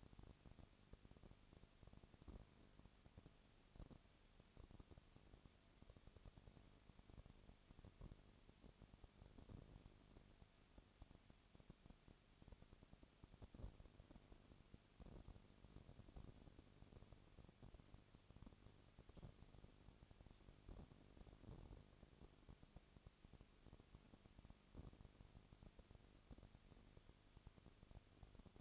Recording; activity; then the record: daily activity, microphone in the room; no activity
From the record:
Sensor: 4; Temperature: 22.3 degrees Celsius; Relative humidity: 32.7%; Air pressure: 1001.9 hPa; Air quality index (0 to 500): 186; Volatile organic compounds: 4 ppm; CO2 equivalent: 1639 ppm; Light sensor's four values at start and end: 2/3/1/1 and 2/3/1/1